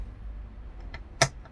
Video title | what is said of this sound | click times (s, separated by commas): Reassembly of M5dial after painting | and it just goes click, click, work | 0.9 s, 1.2 s